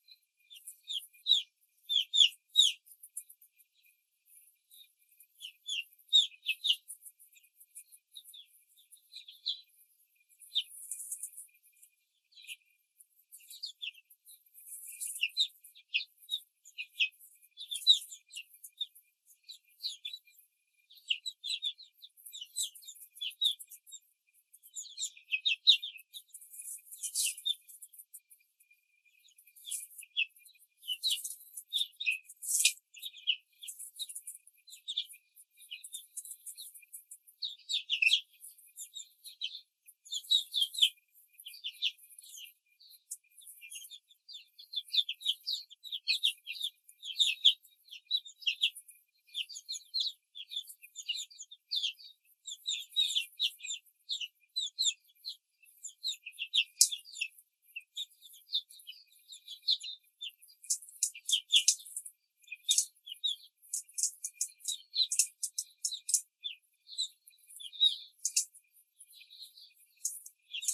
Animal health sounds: young laying hens in a cage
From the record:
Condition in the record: control cage, before the stress test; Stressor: none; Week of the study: 4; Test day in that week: 3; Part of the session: 3

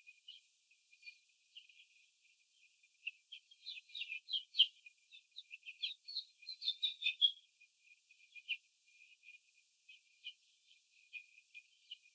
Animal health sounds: young laying hens in a cage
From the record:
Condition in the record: after the stressor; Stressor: simulated dog barking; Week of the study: 4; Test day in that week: 3

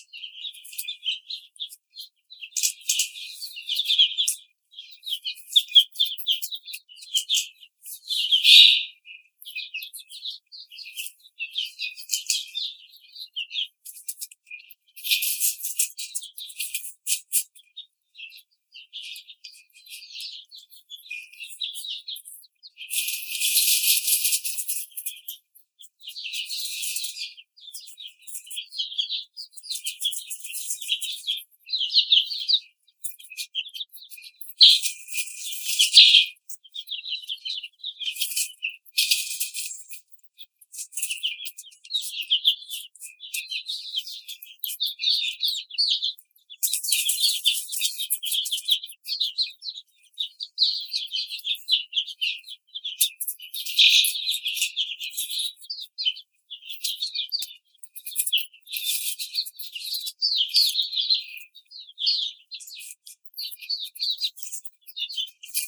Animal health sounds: young laying hens in a cage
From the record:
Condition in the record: treatment cage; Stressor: simulated dog barking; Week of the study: 5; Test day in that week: 1

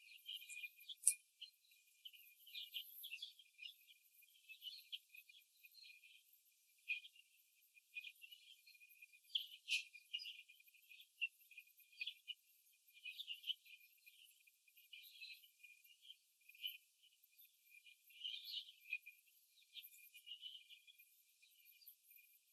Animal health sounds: young laying hens in a cage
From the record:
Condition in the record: before the stressor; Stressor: simulated dog barking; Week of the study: 2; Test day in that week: 3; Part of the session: 2

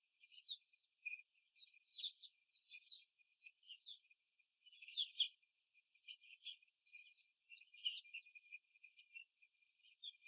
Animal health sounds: young laying hens in a cage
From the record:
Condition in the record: before the stressor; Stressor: simulated dog barking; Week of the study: 3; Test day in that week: 1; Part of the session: 4

